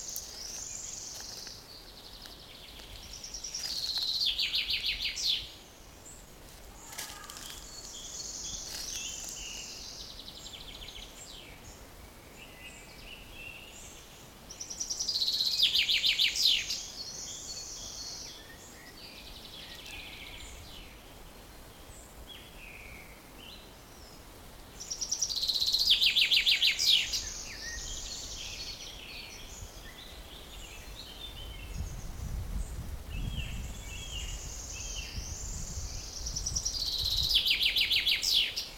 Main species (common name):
Common Chaffinch